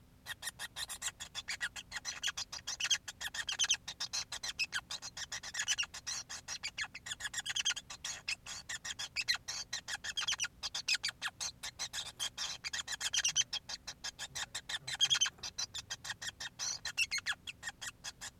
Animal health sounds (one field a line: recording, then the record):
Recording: song of a male Bengalese finch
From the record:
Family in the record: son of father 5